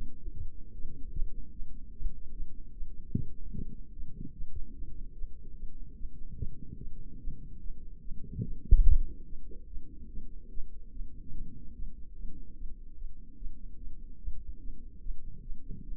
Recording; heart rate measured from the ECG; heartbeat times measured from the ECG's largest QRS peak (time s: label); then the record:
heart sounds by microphone in the left ear; 147 bpm
0.34 s: heartbeat
0.73 s: heartbeat
1.13 s: heartbeat
1.53 s: heartbeat
1.93 s: heartbeat
2.34 s: heartbeat
2.74 s: heartbeat
3.14 s: heartbeat
3.54 s: heartbeat
3.94 s: heartbeat
4.34 s: heartbeat
4.75 s: heartbeat
5.15 s: heartbeat
5.56 s: heartbeat
5.97 s: heartbeat
6.38 s: heartbeat
6.79 s: heartbeat
7.20 s: heartbeat
7.62 s: heartbeat
8.03 s: heartbeat
8.44 s: heartbeat
8.85 s: heartbeat
9.27 s: heartbeat
9.68 s: heartbeat
10.10 s: heartbeat
10.51 s: heartbeat
10.93 s: heartbeat
11.34 s: heartbeat
11.75 s: heartbeat
12.16 s: heartbeat
12.57 s: heartbeat
12.97 s: heartbeat
13.38 s: heartbeat
13.78 s: heartbeat
14.19 s: heartbeat
14.61 s: heartbeat
15.02 s: heartbeat
15.43 s: heartbeat
15.85 s: heartbeat
From the record:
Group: healthy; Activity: rest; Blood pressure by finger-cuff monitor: 109/75 mmHg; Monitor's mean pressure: 87 mmHg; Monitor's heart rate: 147 bpm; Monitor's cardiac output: 13.3 L/min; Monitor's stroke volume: 92 mL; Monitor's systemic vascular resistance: 470 dyn s/cm5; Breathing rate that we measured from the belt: 25 breaths a minute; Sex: female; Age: 19 years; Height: 163 cm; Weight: 51 kg